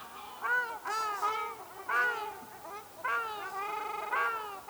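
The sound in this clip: Ruddy shelduck giving loud, nasal honks in pairs and short runs.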